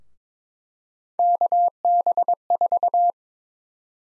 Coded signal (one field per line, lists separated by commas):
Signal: Morse code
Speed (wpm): 22 wpm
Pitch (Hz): 700 Hz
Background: none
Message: KB4